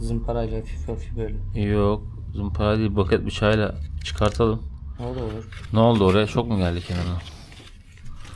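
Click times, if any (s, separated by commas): none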